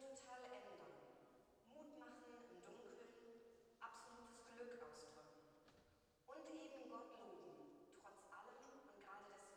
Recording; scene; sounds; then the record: everyday scene through a hearing-aid microphone; reverberant space; speech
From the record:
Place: church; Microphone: in the ear canal, right